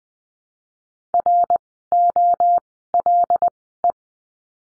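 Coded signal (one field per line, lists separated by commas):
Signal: Morse code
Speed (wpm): 20 wpm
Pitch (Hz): 700 Hz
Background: none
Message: ROLE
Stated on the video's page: Morse course lesson on the letter L, words sent at Farnsworth speed of 20/10 wpm.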